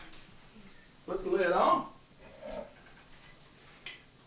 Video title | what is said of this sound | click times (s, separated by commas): Vegetables for wild-game stews. Better Living From the Outdoors. | It locks into place like this. | 3.9 s